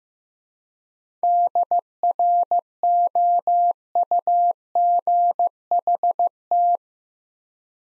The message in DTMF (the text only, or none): none